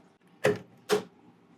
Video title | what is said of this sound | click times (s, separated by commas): We Spent Months Collecting Parts to Build This PC - Here's Why | Push it on both sides on the top straight down. And you'll hear it click. | 0.4 s, 0.9 s